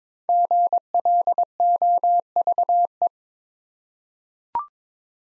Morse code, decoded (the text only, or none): GLOVE